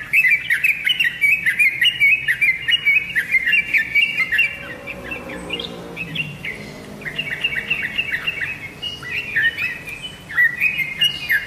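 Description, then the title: Oriental magpie-robin song of rapid chirps and slurred whistles, broken by a short quieter gap midway before the busy phrases resume. "Kicau Kacer"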